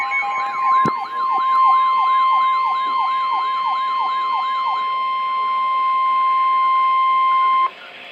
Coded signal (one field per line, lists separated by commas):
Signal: Emergency Alert System (SAME) tones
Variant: 1050 Hz attention tone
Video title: EAS #256 - Severe Thunderstorm Warning